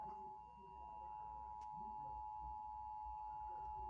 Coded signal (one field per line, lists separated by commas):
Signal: Emergency Alert System (SAME) tones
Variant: 853 and 960 Hz attention tone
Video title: old Illinois eas test vs new Illinois eas test verdict in 4k.